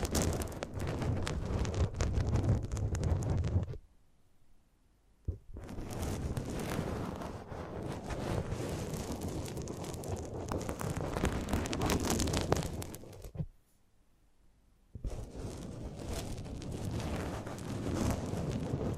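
Close-up microphone handling: dense, scraping rustle with deep rumble, cutting out twice to near silence, around four and thirteen seconds, before resuming.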